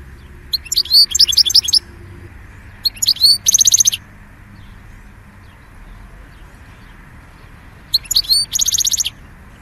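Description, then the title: European goldfinch singing short phrases of liquid twittering notes ending in a dense buzzy trill, three bursts separated by quiet gaps over a low hum. "Chant Chardonneret"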